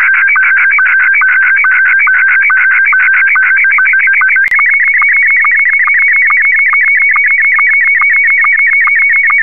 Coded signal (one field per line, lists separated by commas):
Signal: SSTV (slow-scan television)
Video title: SSTV decoding using mmsstv and wavecom